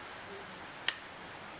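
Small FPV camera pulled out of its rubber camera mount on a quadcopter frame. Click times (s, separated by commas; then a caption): 0.9 s. A small FPV camera is pulled out of its tight, compressed rubber mount on a quadcopter frame being built. After quiet background hiss, a single sharp snap at 0.9 s marks the camera coming free of the mount.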